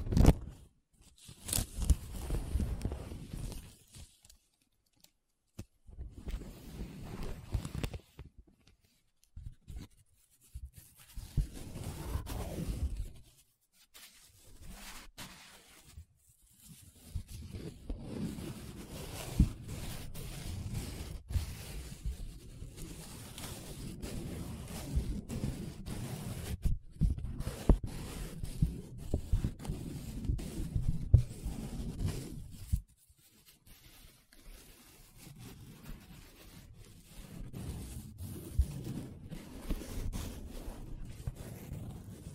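Paper being rubbed, scratched and traced, in uneven bursts of dry, gritty friction separated by short silences. Early strokes come in brief patches, with quiet gaps near 5, 14 and 33 seconds, then longer continuous rubbing from about 17 seconds onward.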